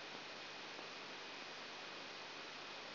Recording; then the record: brain microelectrode recording played as sound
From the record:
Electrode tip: outside the subthalamic nucleus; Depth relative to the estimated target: -8 mm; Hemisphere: right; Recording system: AlphaMap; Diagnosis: Parkinson's disease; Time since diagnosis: 19 years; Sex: male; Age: 59 years